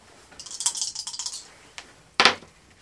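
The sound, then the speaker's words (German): Dice are rolled to decide who starts, rattling in a quick burst of bright, hard clicks, then after a brief pause a single sharp clatter as they land, with no talking. “Das möchte ich jetzt würfeln.”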